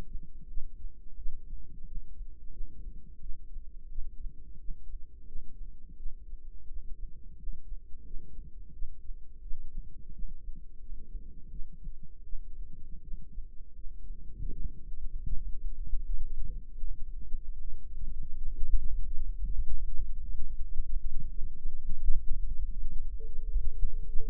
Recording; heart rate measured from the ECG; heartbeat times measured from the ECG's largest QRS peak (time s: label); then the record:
heart sounds by microphone in the right ear; 84 bpm
0.46 s: heartbeat
1.15 s: heartbeat
1.84 s: heartbeat
2.49 s: heartbeat
3.18 s: heartbeat
3.87 s: heartbeat
4.57 s: heartbeat
5.24 s: heartbeat
5.95 s: heartbeat
6.65 s: heartbeat
7.35 s: heartbeat
8.02 s: heartbeat
8.71 s: heartbeat
9.40 s: heartbeat
10.11 s: heartbeat
10.78 s: heartbeat
11.48 s: heartbeat
12.21 s: heartbeat
13.00 s: heartbeat
13.72 s: heartbeat
14.48 s: heartbeat
15.27 s: heartbeat
16.02 s: heartbeat
16.77 s: heartbeat
17.57 s: heartbeat
18.34 s: heartbeat
19.10 s: heartbeat
19.86 s: heartbeat
20.56 s: heartbeat
21.27 s: heartbeat
21.99 s: heartbeat
22.70 s: heartbeat
23.40 s: heartbeat
24.09 s: heartbeat
From the record:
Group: healthy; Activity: rest 0-23 s, light exercise 23-24 s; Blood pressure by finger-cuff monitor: 118/68 mmHg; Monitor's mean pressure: 86 mmHg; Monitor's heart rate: 85 bpm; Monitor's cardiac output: 7.7 L/min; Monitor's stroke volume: 90 mL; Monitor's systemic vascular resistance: 820 dyn s/cm5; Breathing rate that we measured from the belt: 21 breaths a minute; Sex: female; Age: 26 years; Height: 165 cm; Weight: 55 kg